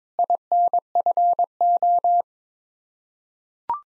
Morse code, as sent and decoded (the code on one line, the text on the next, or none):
.. -. ..-. ---
INFO